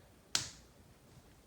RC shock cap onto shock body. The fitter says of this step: and then once you hear the click